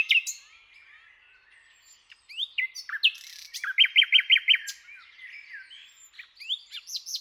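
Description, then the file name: Common nightingale song mixing rising whistled slurs, scratchy notes and a short burst of clipped, repeated chirps. "Luscinia megarhynchos"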